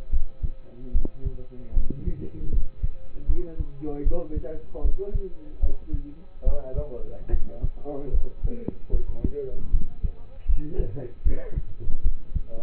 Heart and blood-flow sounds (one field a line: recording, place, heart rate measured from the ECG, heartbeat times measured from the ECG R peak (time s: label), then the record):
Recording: heart sounds by stethoscope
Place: between the tricuspid and mitral areas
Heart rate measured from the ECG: 75 bpm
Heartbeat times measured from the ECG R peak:
0.10 s: heartbeat
0.92 s: heartbeat
1.74 s: heartbeat
2.50 s: heartbeat
3.26 s: heartbeat
4.03 s: heartbeat
4.82 s: heartbeat
5.60 s: heartbeat
6.44 s: heartbeat
7.30 s: heartbeat
8.11 s: heartbeat
8.91 s: heartbeat
9.71 s: heartbeat
10.46 s: heartbeat
11.23 s: heartbeat
12.02 s: heartbeat
From the record:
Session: rest, lying down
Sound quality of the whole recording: partially saturated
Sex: male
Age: 27 years